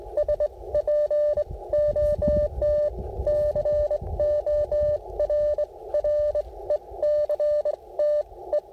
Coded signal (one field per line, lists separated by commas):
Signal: Morse code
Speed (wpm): 18 wpm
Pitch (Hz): 590 Hz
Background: radio noise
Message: SPOT CORRECT E